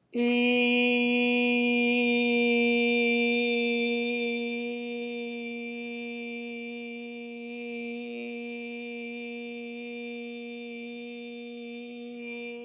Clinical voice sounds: sustained vowel /i/; female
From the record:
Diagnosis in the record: healthy control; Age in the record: 69 years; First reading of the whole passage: 57 s, 9.1 characters per second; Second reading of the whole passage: 50 s, 10.4 characters per second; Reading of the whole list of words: 47 s, 6.0 characters per second

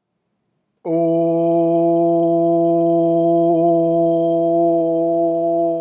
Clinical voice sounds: sustained vowel /u/; male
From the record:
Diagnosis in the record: healthy control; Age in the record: 70 years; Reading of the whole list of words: 64 s, 3.8 characters per second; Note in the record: marked for poor recording quality or reading difficulty

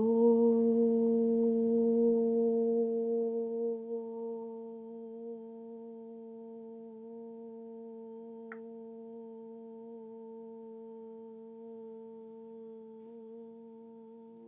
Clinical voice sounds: sustained vowel /u/; female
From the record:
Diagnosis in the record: healthy control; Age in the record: 60 years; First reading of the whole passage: 59 s, 7.9 characters per second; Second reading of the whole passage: 55 s, 8.5 characters per second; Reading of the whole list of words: 44 s, 6.4 characters per second

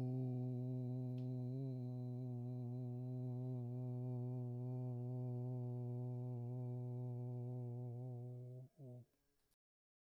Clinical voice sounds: sustained vowel /u/; male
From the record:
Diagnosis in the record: Parkinson's disease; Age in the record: 68 years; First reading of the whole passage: 84 s, 6.2 characters per second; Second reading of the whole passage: 63 s, 8.2 characters per second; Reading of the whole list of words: 57 s, 5.0 characters per second

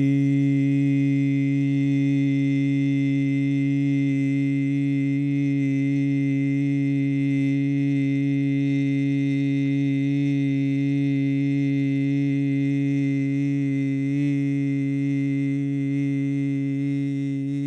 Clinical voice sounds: sustained vowel /i/; male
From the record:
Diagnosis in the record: Parkinson's disease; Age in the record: 50 years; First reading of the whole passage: 72 s, 7.2 characters per second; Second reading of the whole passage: 54 s, 9.6 characters per second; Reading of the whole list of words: 40 s, 7.1 characters per second

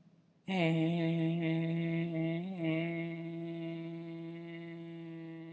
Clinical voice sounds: sustained vowel /e/; female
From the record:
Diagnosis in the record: healthy control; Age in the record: 68 years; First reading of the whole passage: 56 s, 9.3 characters per second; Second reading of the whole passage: 53 s, 9.8 characters per second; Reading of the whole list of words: 52 s, 5.4 characters per second

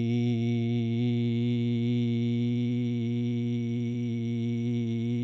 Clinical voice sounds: sustained vowel /i/; male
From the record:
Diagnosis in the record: Parkinson's disease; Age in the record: 72 years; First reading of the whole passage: 118 s, 4.4 characters per second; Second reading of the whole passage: 99 s, 5.2 characters per second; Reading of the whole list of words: 88 s, 3.2 characters per second

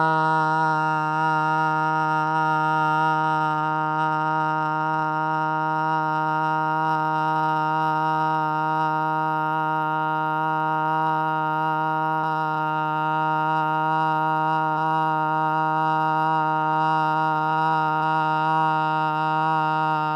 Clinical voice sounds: sustained vowel /a/; female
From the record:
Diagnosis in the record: Parkinson's disease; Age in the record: 61 years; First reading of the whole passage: 53 s, 9.7 characters per second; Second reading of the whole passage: 51 s, 10.1 characters per second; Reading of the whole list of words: 49 s, 5.7 characters per second

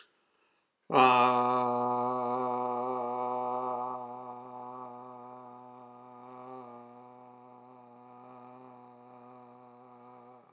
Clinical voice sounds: sustained vowel /a/; male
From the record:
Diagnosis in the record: healthy control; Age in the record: 76 years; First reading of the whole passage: 56 s, 9.2 characters per second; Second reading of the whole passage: 53 s, 9.7 characters per second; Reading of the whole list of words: 49 s, 5.7 characters per second

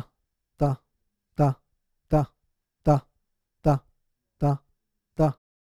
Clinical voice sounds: repeated syllable /ta/; male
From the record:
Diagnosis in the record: Parkinson's disease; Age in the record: 56 years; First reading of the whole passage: 87 s, 6.0 characters per second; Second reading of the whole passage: 67 s, 7.8 characters per second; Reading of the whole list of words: 59 s, 4.8 characters per second

